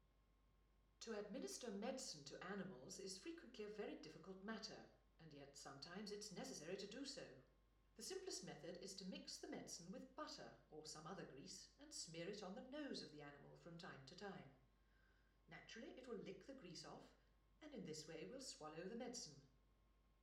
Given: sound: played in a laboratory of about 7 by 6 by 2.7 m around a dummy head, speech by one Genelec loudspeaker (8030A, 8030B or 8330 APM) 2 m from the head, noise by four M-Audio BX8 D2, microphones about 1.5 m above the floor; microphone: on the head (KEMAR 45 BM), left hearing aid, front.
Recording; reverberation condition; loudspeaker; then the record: female speech in English; medium; 120 degrees to the left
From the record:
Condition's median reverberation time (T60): about 510 ms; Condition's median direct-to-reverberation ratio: about -0.5 dB